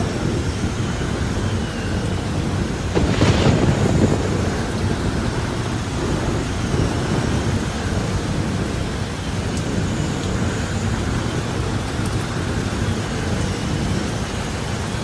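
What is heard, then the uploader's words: Steady, dense rain hisses throughout with a low rumbling undertone, swelling briefly into a louder gust around three to four seconds. Soothing rain sounds.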